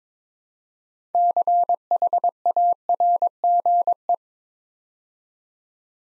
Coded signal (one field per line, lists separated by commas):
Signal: Morse code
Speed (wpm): 22 wpm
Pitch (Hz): 700 Hz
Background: none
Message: CHARGE